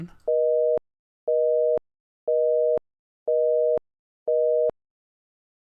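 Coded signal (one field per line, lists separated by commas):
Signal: telephone call progress tone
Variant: North America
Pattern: busy tone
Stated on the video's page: Telephone tones (dial, busy, ringout, DTMF) synthesized in Unreal Engine 5 MetaSounds for an in-game phone system.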